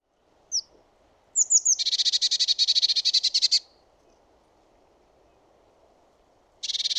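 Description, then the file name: Eurasian blue tit churring call: a few thin high notes, then a rapid buzzy rattle of many harsh notes, and another rattle beginning near the end. "Cyanistes caeruleus"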